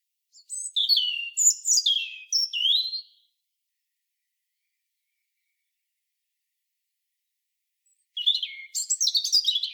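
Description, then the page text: European robin song, a tumbling phrase of thin, shrill whistles and trills, then a long pause before another jumbled high phrase begins; nothing else audible. "European Robin. KÜRE Encyclopedia"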